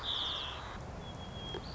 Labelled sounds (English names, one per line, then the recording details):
White-crowned Sparrow
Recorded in Sonoma County, California